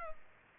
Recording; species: mosquito wingbeat signal from an infrared sensor; Culex pipiens